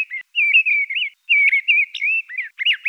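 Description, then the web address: Mistle thrush singing, a run of clear fluting phrases, warbled and slurred, in short bursts separated by brief pauses; no other sounds. "Turdus viscivorus"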